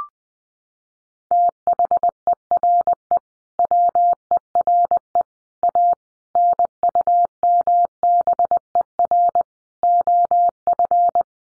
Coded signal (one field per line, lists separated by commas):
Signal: Morse code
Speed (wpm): 20 wpm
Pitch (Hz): 700 Hz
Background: none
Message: THERE WERE A NUMBER OF